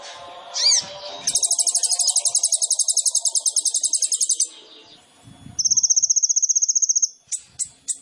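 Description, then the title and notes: Sunbird song: an arched whistled note, then a long fast high trill, a shorter thinner trill, and a few sharp closing chips. Kolibri ninja sunbird in vigorous (gacor) song, full of isian fill-ins and tembakan bursts, meant to prompt other birds (pancingan). "MASTERAN KOLIBRI NINJA FULL ISIAN DAN TEMBAKAN COCOK BUAT PANCINGAN. Suara Burung Kolibri Ninja Gacor"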